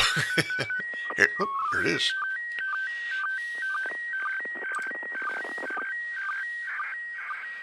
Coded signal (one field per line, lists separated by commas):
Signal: SSTV (slow-scan television)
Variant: PD 120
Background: speech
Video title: Live ISS SSTV pass